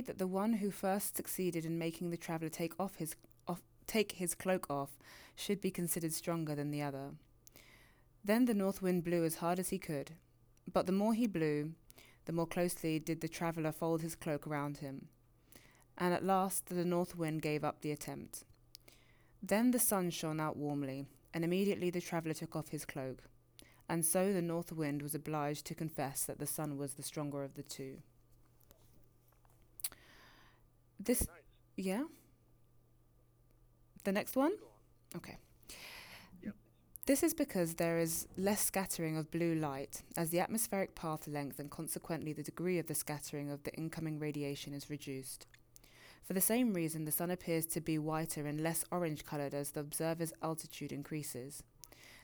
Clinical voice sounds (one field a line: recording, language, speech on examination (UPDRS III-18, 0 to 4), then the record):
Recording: text read into a phone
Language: English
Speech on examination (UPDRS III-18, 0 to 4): 0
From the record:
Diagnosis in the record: healthy control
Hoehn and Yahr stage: 0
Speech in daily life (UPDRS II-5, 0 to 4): 0